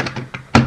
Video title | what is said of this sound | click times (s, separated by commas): DX Go-Buster Buster Machine CB-01 Go-Buster Ace Review | it's the lock unlock button for this once it locks into place | 0.6 s